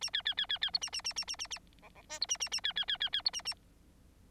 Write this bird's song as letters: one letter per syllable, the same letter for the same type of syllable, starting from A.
A B B B B B C A A A A A A A D D E C A A A B B B B B C A A